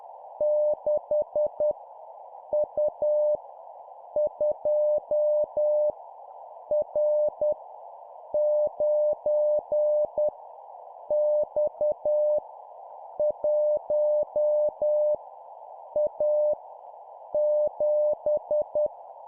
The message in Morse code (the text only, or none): 6 U 2 R 9 X 1 A 7